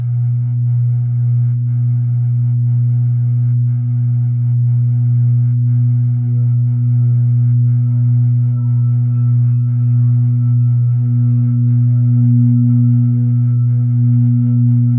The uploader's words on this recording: Reiki Healing | Tibetan Singing Bowls for Mental, Physical, Spiritual and Emotional Healing. The resonating sounds of the Tibetan singing bowls.